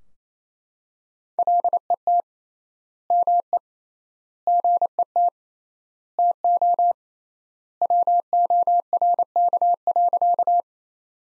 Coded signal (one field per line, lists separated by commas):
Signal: Morse code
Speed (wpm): 27 wpm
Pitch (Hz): 700 Hz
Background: none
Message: LET ME GET TO WORK.